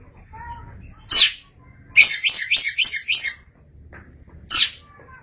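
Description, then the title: Oriental magpie-robin with a short, rasping high note, then a fast run of five buzzy notes, and another single harsh note near the end. "Suara Kicauan Burung Kacer Durasi Panjang"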